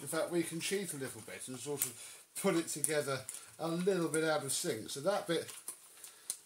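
A plastic hose assembly part is pushed into its seat while being refitted into the body of a Dyson DC40 Mk2 upright vacuum cleaner. Someone talks throughout, and a softer knock at 6.0 seconds is followed by a sharp, short snap at 6.3 seconds as the part clicks into place.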